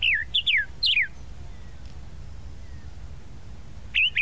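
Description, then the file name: Tropical mockingbird song with three quick, twisting whistled phrases sliding downward, a long quiet gap, then two bright, wavering whistles starting again near the end. "Canto-do-Sabiá-da-Praia"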